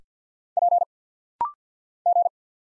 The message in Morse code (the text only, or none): P G